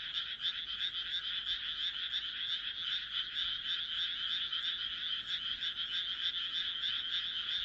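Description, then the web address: Chorus of frogs, fast overlapping croaks making an unbroken high rattling hum. "kaeru kaeru"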